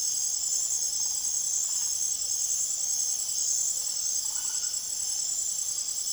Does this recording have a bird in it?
no